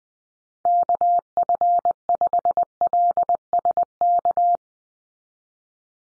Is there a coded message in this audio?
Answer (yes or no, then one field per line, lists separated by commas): yes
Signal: Morse code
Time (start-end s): 0.7-4.6 s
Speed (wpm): 19 wpm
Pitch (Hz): 700 Hz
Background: none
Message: KF5LSK